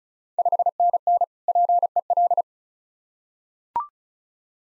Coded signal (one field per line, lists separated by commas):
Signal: Morse code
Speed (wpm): 36 wpm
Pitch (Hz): 700 Hz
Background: none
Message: 5NN PEL